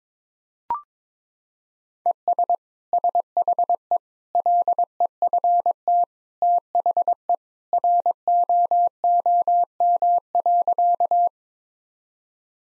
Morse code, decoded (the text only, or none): ES SHE LEFT THE ROOM.